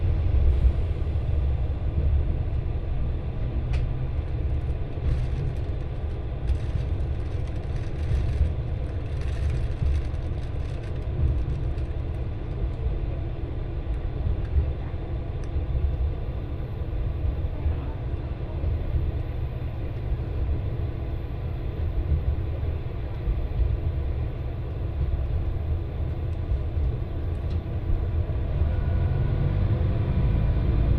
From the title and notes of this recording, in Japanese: 耳で楽しむ鉄道旅 越美北線 計石→福井。越前大野からひと山越えた先にある計石からは、足羽川の支流に沿って進み、美山で足羽川と合流します。何度か足羽川を渡りながら一乗谷遺跡のある近くを通りつつ越前花堂で北陸本線に合流して福井を目指します。